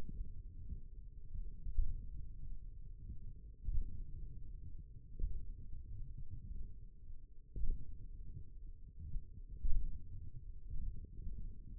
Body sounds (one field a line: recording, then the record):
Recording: forearm muscle sounds (acoustic myography)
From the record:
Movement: radial deviation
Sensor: system 1, eight BSWA MPA416 microphones around the upper forearm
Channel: 2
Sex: male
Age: 42 years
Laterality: right